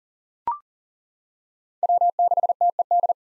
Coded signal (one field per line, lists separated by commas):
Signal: Morse code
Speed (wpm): 40 wpm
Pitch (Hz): 700 Hz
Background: none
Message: W6TED